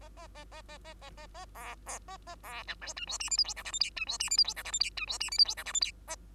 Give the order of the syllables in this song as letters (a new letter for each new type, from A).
A A A A A A A A A B B A A B C D E F G H I J K L M N E F G H I J K L M N E F G H I J K L M N